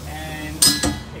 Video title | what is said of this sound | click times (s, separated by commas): D’ttach Carry Barrel Transporter | clicks it out of the way pull the barrel off the | 0.6 s